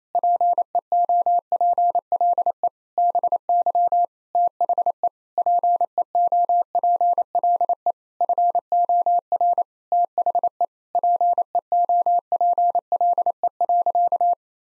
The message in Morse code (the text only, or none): PEOPLE BY THE PEOPLE FOR THE PEOPLE.